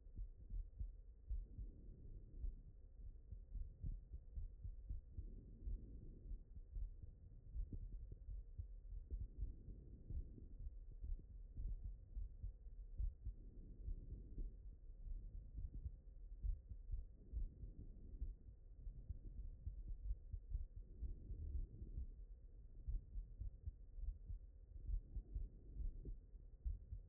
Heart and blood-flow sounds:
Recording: heart sounds by stethoscope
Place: mitral valve (MV)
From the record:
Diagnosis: non-HFrEF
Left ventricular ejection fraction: 45%

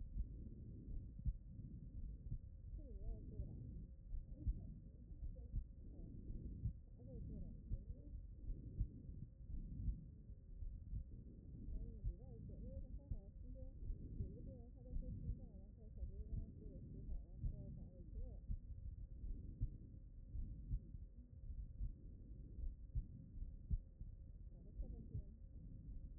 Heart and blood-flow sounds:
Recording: heart sounds by stethoscope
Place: pulmonary valve (PV)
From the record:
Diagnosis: non-HFrEF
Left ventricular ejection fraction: 66%

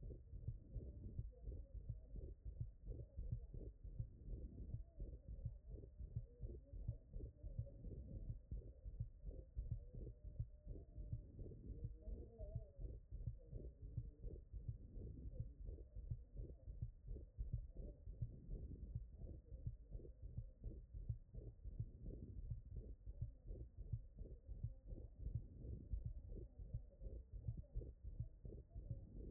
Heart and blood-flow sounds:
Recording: heart sounds by stethoscope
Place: mitral valve (MV)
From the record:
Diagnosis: HFrEF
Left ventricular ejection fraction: 34%

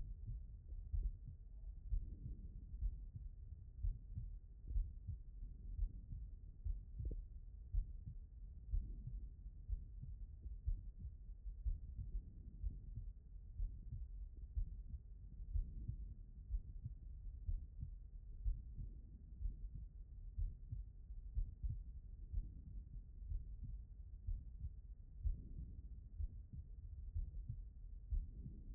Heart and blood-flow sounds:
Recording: heart sounds by stethoscope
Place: aortic valve (AV)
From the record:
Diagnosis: non-HFrEF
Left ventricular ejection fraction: 66%

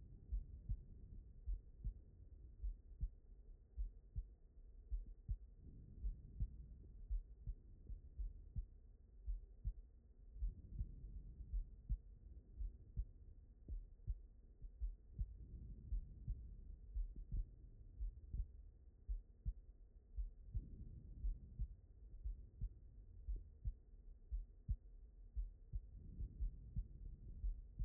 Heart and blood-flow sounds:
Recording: heart sounds by stethoscope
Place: aortic valve (AV)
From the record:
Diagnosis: non-HFrEF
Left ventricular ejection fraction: 58%

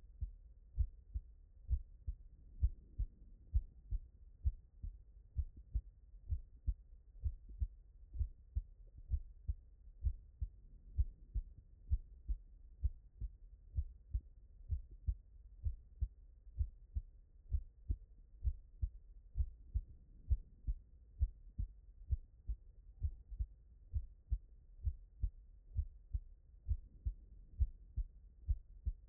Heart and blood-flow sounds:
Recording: heart sounds by stethoscope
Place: tricuspid valve (TV)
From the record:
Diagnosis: non-HFrEF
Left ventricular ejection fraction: 58%

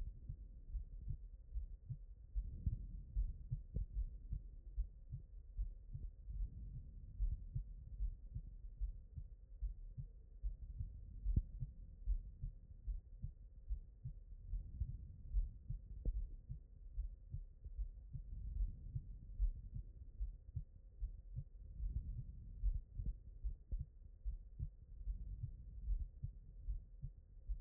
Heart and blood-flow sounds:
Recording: heart sounds by stethoscope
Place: aortic valve (AV)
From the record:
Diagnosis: non-HFrEF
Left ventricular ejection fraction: 59%

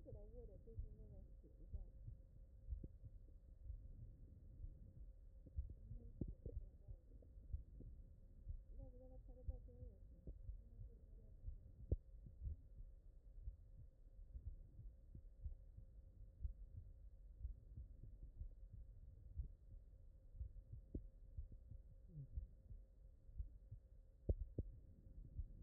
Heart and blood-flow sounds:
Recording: heart sounds by stethoscope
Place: mitral valve (MV)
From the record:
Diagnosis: non-HFrEF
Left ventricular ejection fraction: 62%

